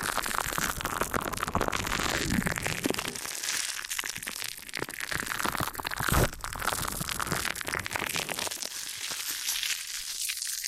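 Ear and scalp massage sounds: dense, steady crackling and crunchy rubbing, bright and busy throughout, with a brief louder swell near six seconds.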